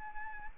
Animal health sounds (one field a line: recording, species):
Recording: mosquito wingbeat signal from an infrared sensor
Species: Anopheles arabiensis